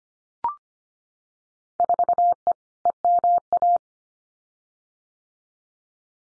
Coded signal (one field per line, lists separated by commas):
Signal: Morse code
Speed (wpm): 25 wpm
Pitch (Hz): 700 Hz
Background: none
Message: 4E EMA